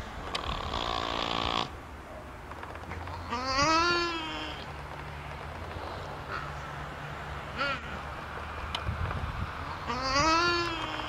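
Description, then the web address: Nutria giving a few drawn-out, wavering moans that rise then fall, spaced several seconds apart, over a steady low hum and hiss. "Nutria. صدای نوتریا"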